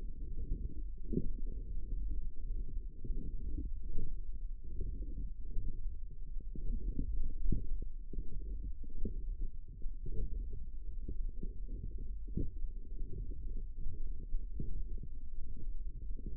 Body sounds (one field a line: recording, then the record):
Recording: forearm muscle sounds (acoustic myography)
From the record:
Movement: forearm supination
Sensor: system 1, eight BSWA MPA416 microphones around the upper forearm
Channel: 8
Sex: female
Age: 22 years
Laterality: right